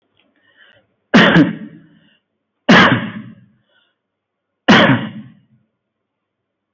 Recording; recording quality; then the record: heavy voluntary cough; excellent, no background noise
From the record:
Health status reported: healthy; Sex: male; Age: 34 years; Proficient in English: yes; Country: India